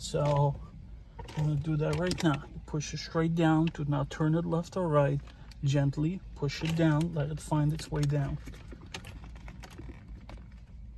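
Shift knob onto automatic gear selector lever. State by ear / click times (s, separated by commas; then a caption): not seated / none. Someone talks while a shift knob on a 2007 Mercedes CLS550 is gently pushed straight down onto the automatic gear selector lever's shaft, without turning it left or right. A few faint, short ticks follow the talking near the end. Nothing has seated or clicked yet, and the knob is not yet locked home.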